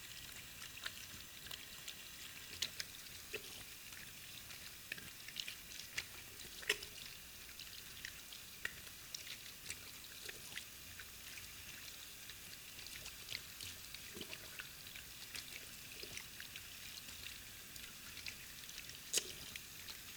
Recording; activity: daily activity, guitar pickup as the sensor; wash hands